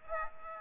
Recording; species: mosquito wingbeat signal from an infrared sensor; Aedes aegypti